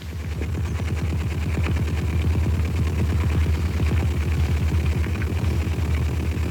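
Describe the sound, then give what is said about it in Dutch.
A burbot calling underwater: a steady, rapid train of low, throbbing pulses that chugs on like an idling old engine for several seconds, with no voices over it. “Heb je ook geluid van de kwabaal meegenomen? Ja, heb ik meegenomen.”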